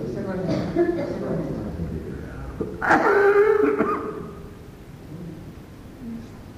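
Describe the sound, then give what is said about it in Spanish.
A man with the flu murmurs in a low voice, then a sudden harsh cough bursts out, rough and raspy, lasting about a second before fading back into quieter breathing and murmur. “ustedes me perdonan la tos.”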